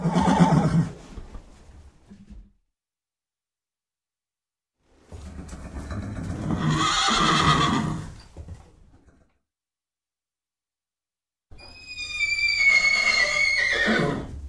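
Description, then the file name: Horse sounds in three bursts: a low grunt, then a rough neigh, and finally a high whinny with clear tonal harmonics that falls away at the end; silence between. "Sound Ideas 2000 Series. Horse Grunt and Horse Neigh"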